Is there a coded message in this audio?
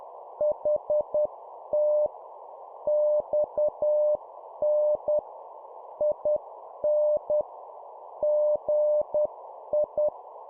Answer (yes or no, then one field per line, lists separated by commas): yes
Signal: Morse code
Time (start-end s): 0.4-10.1 s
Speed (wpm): 10 wpm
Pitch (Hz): 600 Hz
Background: none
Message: HT XN IN GI